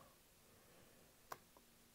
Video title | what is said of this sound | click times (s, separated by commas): Canon SX610, how to use it! And why you WANT IT! | pull this orange tab back battery pops out a little bit then | 1.3 s